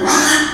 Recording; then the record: squeal of a Yucatan mini pig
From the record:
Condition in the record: after surgery on the right vocal fold (resection and tissue-engineered implant); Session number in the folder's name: 3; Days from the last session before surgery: 33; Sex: male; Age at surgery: 12 weeks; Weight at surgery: 13 kg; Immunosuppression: cyclosporine, prednisolone